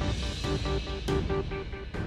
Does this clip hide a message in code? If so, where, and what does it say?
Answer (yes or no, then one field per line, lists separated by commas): no